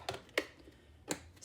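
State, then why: Seated. Snap-on lids are pushed down onto plastic paint pots until they snap closed. Sharp snaps are heard at 0.4 s and 1.1 s, with a softer tap near 0.1 s, and the lids are confirmed shut. No one talks.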